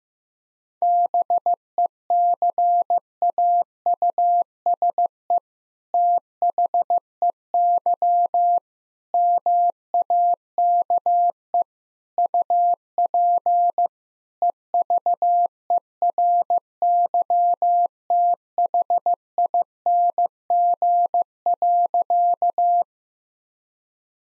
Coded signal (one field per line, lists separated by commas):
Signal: Morse code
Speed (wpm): 15 wpm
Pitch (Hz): 700 Hz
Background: none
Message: BECAUSE THEY MAKE UP EVERYTHING.